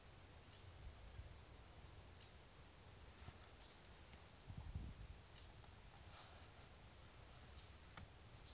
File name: MHNCI Brachycephalus sulfuratus Serra do Guarau not collected 22 out 2016 MRBornschein